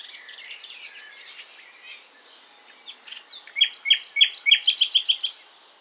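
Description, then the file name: Common nightingale singing: soft scattered twitters, then a loud series of sharp repeated whistled notes, with a run of very high notes over the later ones. "Luscinia megarhynchos"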